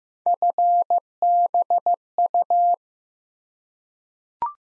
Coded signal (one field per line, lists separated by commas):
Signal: Morse code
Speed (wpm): 15 wpm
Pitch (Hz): 700 Hz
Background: none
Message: FBU